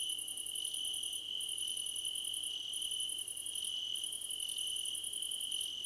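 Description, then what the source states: Crickets chirping in chorus: an unbroken shrill trill under rapid, very high pulse bursts with brief pauses, and occasional short chirps woven between. Several crickets chirping together, described as a choir competition.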